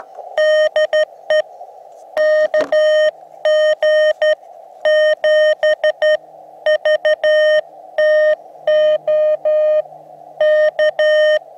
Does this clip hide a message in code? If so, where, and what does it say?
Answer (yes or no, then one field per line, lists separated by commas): yes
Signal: Morse code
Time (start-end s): 0.4-11.4 s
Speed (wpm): 12 wpm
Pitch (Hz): 610 Hz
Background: none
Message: DE KG7VTO K